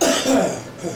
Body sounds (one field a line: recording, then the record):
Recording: coughing mixed with background sound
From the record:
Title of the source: Residual Phlegmy Morning Coughing and Gagging